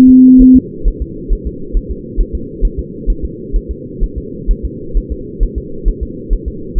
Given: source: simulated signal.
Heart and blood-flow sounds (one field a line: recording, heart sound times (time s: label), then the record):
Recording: fetal heart sounds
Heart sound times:
0.09 s: S2
0.42 s: S1
0.56 s: S2
0.88 s: S1
1.02 s: S2
1.33 s: S1
1.47 s: S2
1.77 s: S1
1.91 s: S2
2.21 s: S1
2.35 s: S2
2.65 s: S1
2.79 s: S2
3.10 s: S1
3.25 s: S2
3.56 s: S1
3.71 s: S2
4.03 s: S1
4.18 s: S2
4.51 s: S1
4.65 s: S2
4.97 s: S1
5.12 s: S2
5.43 s: S1
5.58 s: S2
5.88 s: S1
6.03 s: S2
6.33 s: S1
6.48 s: S2
6.79 s: S1
From the record:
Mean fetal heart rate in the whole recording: 130 bpm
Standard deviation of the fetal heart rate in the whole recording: 4 bpm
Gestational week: 38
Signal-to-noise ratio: -4.3 dB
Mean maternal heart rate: 72 bpm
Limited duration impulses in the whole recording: present